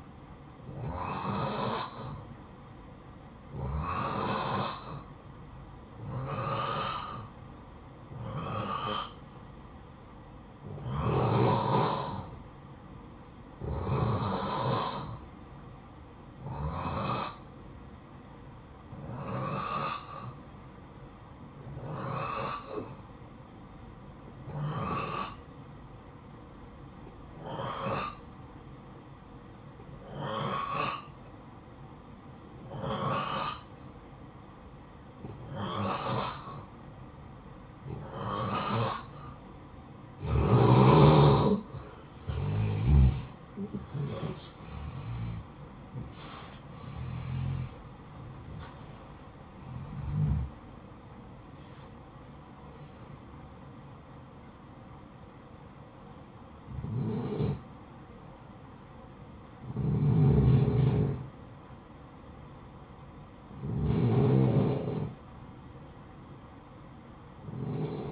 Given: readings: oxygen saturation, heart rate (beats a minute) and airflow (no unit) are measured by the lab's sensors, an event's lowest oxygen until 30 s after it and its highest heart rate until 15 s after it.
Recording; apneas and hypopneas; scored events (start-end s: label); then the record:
breathing in sleep by a smartphone at the bedside; none
43.00-68.12 s: new sleep stage, N1 (lightest sleep)
From the record:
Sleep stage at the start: N2 (light sleep); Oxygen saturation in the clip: 87 to 89%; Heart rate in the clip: 52 to 79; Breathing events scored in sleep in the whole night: 573 in 9.8 hours asleep